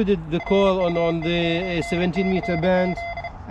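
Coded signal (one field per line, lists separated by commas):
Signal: Morse code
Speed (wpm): 32 wpm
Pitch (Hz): 2050 Hz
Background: speech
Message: RU9CZ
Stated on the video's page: QRP portable station with a Buddistick vertical antenna on a fishing rod rest tripod.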